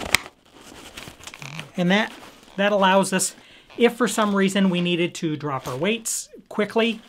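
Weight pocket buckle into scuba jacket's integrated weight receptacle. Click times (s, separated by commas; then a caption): 0.2 s. A nylon weight pocket with a hard plastic quick-release buckle is slid into a scuba jacket's integrated weight system and seats with a sharp, loud click at 0.2 s, followed by a few faint taps and rustles between about 1.0 and 1.6 s. The quick-release lets the weights be dropped quickly if needed. Someone then talks for the rest of the clip.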